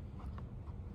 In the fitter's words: and then you push that in until it clicks